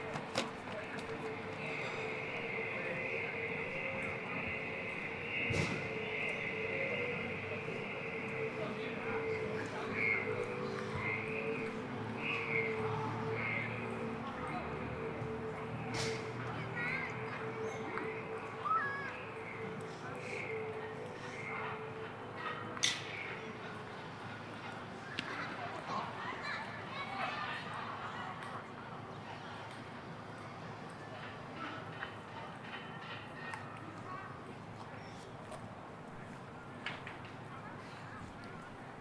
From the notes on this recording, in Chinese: 北京地坛